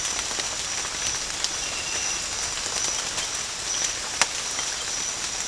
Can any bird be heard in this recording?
no